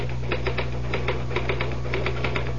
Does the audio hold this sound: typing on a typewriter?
yes